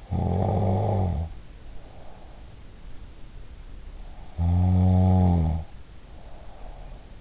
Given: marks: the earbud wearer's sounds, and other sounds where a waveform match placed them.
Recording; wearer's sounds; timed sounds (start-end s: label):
sounds in sleep by an in-ear microphone; snoring breath
0.00-2.80 s: snoring breath
4.32-7.21 s: snoring breath